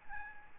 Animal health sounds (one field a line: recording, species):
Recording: mosquito wingbeat signal from an infrared sensor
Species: Aedes albopictus